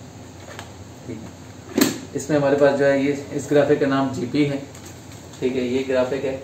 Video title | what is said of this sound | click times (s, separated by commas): My New Helmet - LS2 Rapid Boho - Unboxing & Price | यहाँ पे इसकी ये वाइजर जो है लॉक हो जाता है। | 1.8 s